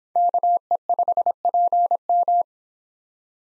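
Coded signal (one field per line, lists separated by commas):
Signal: Morse code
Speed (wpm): 29 wpm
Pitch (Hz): 700 Hz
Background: none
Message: KE5PM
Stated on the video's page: Morse practice of USA 2x2 call signs in speed-racing format, starting at 1.5 times base speed, slowing to 22 wpm; final repeat sent once at maximum speed.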